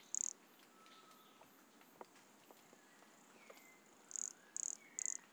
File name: Brachycephalus sulfuratus Monte Crista 100 cm from microphone Luiz Fernando Ribeiro NOV-2016